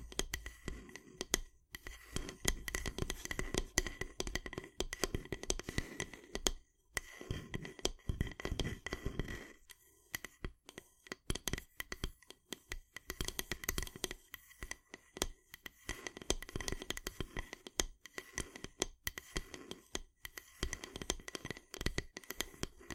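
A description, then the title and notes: Wooden ASMR triggers: dense, irregular tapping and scratching on wood throughout, with brief pauses near seconds 2, 7 and 10. ASMR Wooden Triggers 1hour（No Talking）.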